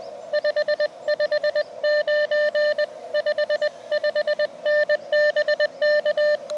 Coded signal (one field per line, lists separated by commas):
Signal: Morse code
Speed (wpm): 18 wpm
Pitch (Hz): 600 Hz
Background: radio noise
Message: 559 55N BK